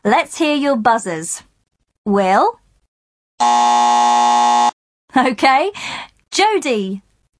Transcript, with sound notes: Let’s hear your buzzers. Will. (sound of buzzer) OK. Jodie.